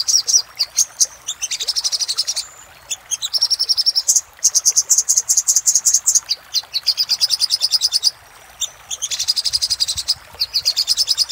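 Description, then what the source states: Little spiderhunter song: long bursts of rapid, high, sharp chipping notes, broken by brief pauses and a few thin drawn-out whistles. Master recording for training cage birds; title adds the label Labaik.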